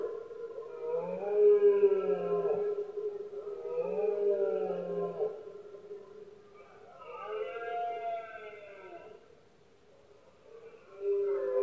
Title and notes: Paisaje sonoro: Berrea #04. berrea del ciervo. brama del ciervo